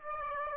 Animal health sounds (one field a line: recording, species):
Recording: mosquito wingbeat signal from an infrared sensor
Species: Aedes aegypti